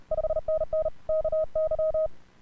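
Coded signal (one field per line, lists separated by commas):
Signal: Morse code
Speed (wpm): 30 wpm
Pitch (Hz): 620 Hz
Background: none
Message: 5NN KY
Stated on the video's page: ARRL DX contest Morse code.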